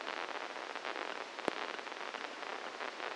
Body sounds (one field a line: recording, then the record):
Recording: brain microelectrode recording played as sound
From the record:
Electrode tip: inside the subthalamic nucleus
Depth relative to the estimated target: -1 mm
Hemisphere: left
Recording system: NeuroSet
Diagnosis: Parkinson's disease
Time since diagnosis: 12 years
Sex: male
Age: 61 years